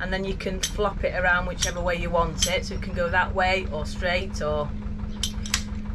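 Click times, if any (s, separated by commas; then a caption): 5.5 s. Someone talks while swinging the hinged arm of a metal lock windlass (canal lock key) into a new angle, with metallic clinks near the end. The arm clicks home and locks into position on the windlass body at 5.5 s.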